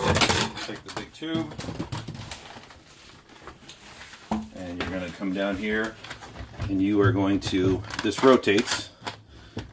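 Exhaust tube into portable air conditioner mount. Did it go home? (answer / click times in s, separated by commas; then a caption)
no / none. Someone talks while picking up the big plastic exhaust tube for a portable air conditioner mount and rotating it to line up its groove before pushing it home into the mount. Short handling knocks and rustles are heard throughout. The tube has not seated or clicked yet.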